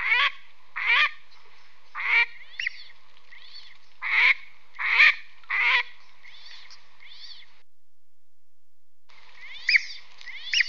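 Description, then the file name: Duck giving nasal, buzzy quacks in short bursts, about one a second at first, then a pause before a few more calls near the end. "Grey"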